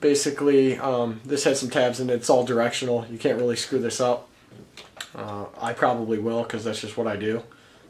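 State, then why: Not seated. A plastic motor cap with directional tabs is handled over an RC quadcopter motor mount while someone talks, with a brief faint tap near 5.0 s. The clip ends before the cap snaps into place, so nothing has seated or clicked yet.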